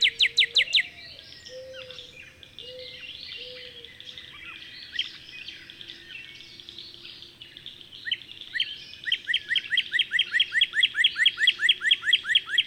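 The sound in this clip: Bird song: a burst of sharp rising chirps, then mixed twittering from several birds, then a long steady run of repeated upswept chirps.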